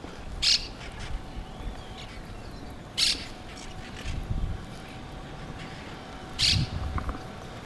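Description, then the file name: Monk parakeet calls, three loud harsh squawks spaced a few seconds apart, with softer chatter between and a steady low background hum. Brooklyn. "brooklyn parrots"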